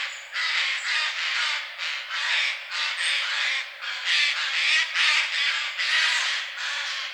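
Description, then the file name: Eurasian jay delivering a long string of hoarse, grating screeches, irregularly spaced with short pauses between calls. "Garrulus glandarius"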